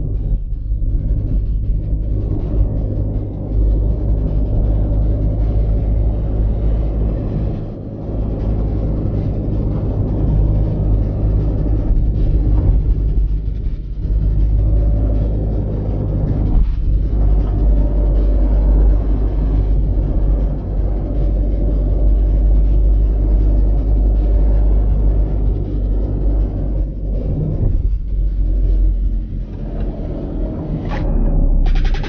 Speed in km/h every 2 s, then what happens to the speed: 29, 31, 31, 31, 31, 31, 29, 29, 29, 27, 27, 29, 27, 27, 24, 19.
0-26 steady at about 29. 26-32 slows to 19.